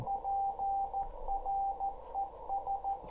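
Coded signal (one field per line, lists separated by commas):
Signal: Morse code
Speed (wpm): 14 wpm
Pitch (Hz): 790 Hz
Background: radio noise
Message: PRES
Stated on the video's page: Live reception at 75 miles of a 10mW 2m CW beacon carried by a weather balloon climbing to 95,000 feet.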